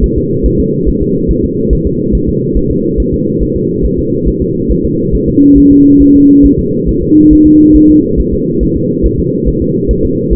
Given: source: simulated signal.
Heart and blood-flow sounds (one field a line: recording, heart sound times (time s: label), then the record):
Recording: fetal heart sounds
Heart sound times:
0.04 s: S1
0.18 s: S2
0.46 s: S1
0.60 s: S2
0.89 s: S1
1.02 s: S2
1.31 s: S1
1.45 s: S2
1.73 s: S1
1.87 s: S2
2.15 s: S1
2.29 s: S2
2.57 s: S1
2.71 s: S2
3.00 s: S1
3.14 s: S2
3.43 s: S1
3.56 s: S2
3.85 s: S1
3.99 s: S2
4.28 s: S1
4.42 s: S2
4.71 s: S1
4.85 s: S2
5.15 s: S1
5.29 s: S2
5.58 s: S1
5.72 s: S2
6.02 s: S1
6.16 s: S2
6.46 s: S1
6.59 s: S2
6.89 s: S1
7.03 s: S2
7.33 s: S1
7.47 s: S2
7.76 s: S1
7.90 s: S2
8.20 s: S1
8.34 s: S2
8.63 s: S1
8.77 s: S2
9.06 s: S1
9.20 s: S2
9.48 s: S1
9.62 s: S2
9.91 s: S1
10.05 s: S2
10.33 s: S1
From the record:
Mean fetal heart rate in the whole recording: 140 bpm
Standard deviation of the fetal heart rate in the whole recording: 2 bpm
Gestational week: 34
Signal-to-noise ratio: -11.2 dB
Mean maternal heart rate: 72 bpm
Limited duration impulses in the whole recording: present